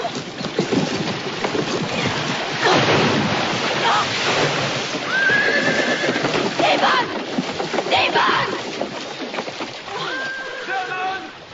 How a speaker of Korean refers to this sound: 스티븐이 시내를 끼고 있는 그들의 땅에 도착했습니다. 그런데 그를 따라가던 쉐넌이 그만 시냇물에 빠집니다.